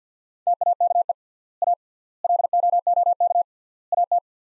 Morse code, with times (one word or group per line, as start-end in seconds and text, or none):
0.5-1.1 TAKE
1.6-1.7 A
2.2-3.4 LOOK
3.9-4.2 AT